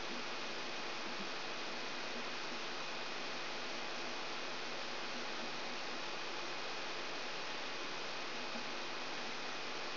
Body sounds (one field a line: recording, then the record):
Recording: brain microelectrode recording played as sound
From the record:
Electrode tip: outside the subthalamic nucleus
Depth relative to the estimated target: -8 mm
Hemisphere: left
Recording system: AlphaMap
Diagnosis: Parkinson's disease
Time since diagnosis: 19 years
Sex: female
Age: 64 years